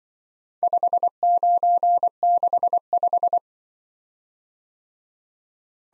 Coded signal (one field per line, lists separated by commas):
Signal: Morse code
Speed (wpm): 23 wpm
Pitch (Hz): 700 Hz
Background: none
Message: 5965